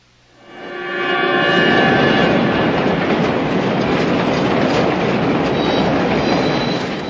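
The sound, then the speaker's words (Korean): A subway train roars in and stops at a station with a loud, steady rushing rumble, a few high squealing tones ringing briefly at the start before the broad mechanical noise takes over. “열차가 서자 두 사나이는 눈부시게 번쩍이는 어느 대머리 뒤에 바짝 붙어서 열차에 오릅니다.”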